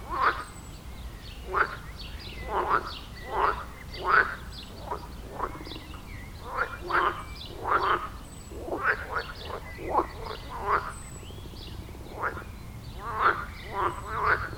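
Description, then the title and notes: Frog chorus, many rasping croaks in quick irregular runs, some calls doubled, with faint high chirps now and then. Frog chorus at the village pond in Wohlsborn, Germany; recorded with a TASCAM DR-40X. "Wohlsborn, Deutschland - Froschkonzert. Frog concert. Froschkonzert am Dorfteich in Wohlsborn"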